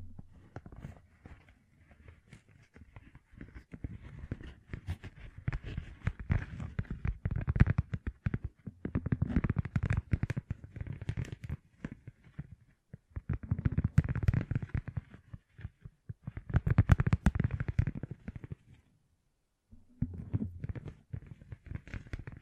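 Fingertips covered in gems tap and scratch in dense, rapid bursts of crisp clicks, with a low rumbling undertone beneath them. The activity swells and eases in waves every few seconds, dropping to near silence around nineteen seconds before resuming.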